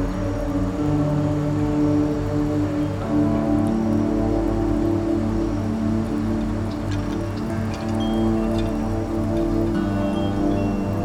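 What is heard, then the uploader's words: Wind chimes ring in a dense, overlapping wash of sustained low and middle tones that blend together and barely fade. The level stays steady throughout, and from about seven seconds on, light, bright ticks and taps sprinkle over the top. Windy Windchimes in the City.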